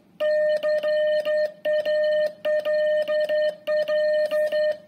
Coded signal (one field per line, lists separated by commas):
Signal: Morse code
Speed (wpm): 11 wpm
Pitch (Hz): 610 Hz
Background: music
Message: CALL